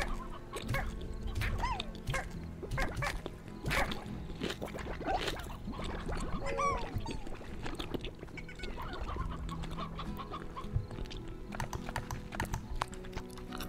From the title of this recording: Gum Chewing Mouth Sounds